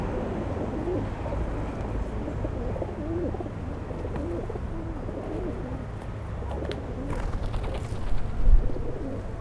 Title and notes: 39 Pl. Georges Clemenceau, 73100 Aix-les-Bains, France - Repas des pigeons. Le repas des pigeons. ZoomH4npro posé au sol